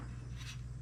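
The folded deck of a NordicTrack 2950 treadmill is being raised toward its storage latch on the folding frame. A steady low hum runs throughout, with a soft rubbing, scraping sound that swells around 0.4–0.5 s and contains no sharp hits. The latch has not clicked or caught yet.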